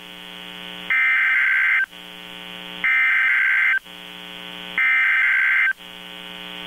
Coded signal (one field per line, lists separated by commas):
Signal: Emergency Alert System (SAME) tones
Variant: header bursts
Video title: {YOUTUBE FIRST} EAS #1703-1706 - HURRICANE FORCE WIND WARNINGS TONED AS HUWs & 1050 HZ BZW 1-4-2018